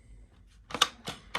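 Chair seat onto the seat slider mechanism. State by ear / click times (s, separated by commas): seated / 0.8 s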